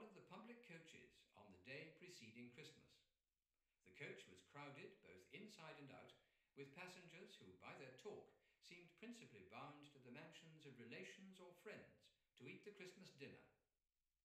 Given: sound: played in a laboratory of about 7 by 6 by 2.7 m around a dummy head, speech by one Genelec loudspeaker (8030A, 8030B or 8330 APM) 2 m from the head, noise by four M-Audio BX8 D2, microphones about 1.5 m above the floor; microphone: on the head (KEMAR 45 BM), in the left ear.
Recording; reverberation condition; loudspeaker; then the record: male speech in English; medium; in front (0 degrees)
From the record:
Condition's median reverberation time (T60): about 510 ms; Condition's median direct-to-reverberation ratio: about -0.5 dB